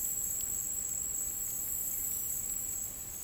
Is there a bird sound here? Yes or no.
yes